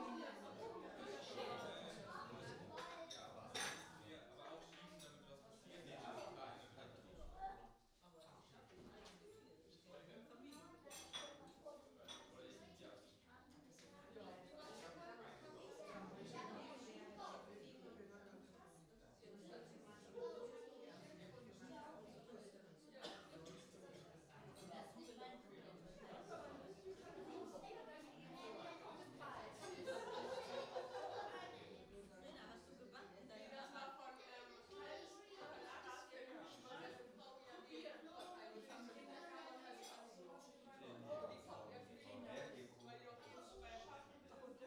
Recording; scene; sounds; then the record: everyday scene through a hearing-aid microphone; many people talking; many voices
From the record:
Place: parish hall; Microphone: in the ear canal, right